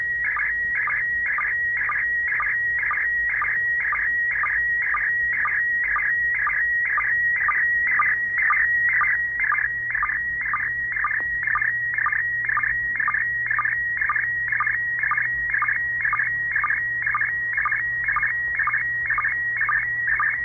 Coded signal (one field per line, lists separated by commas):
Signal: SSTV (slow-scan television)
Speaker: this one's gonna be beautiful [Music] the scanner cool you know your decoding a single and it comes from space so I'm gonna stop talking because if you guys want to decode it you'll be able to